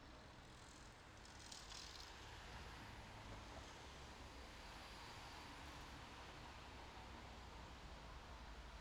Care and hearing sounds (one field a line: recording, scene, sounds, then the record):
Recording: everyday scene through a hearing-aid microphone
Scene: in traffic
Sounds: traffic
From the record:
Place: main road on the outskirts, rush hour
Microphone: in the ear canal, left